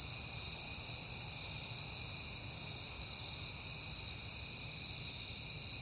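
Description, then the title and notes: Crickets trill in an unbroken high-pitched chorus, steady throughout, over a faint low rumble. Crickets recorded at night in September, on a peaceful night. "Night Time: Crickets and Passing Cars. It is September and I have been hearing the crickets a lot"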